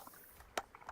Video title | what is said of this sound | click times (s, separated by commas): Pool Cleaning Supplies! | filter part in there first. It'll kind of like snap in place, | 0.6 s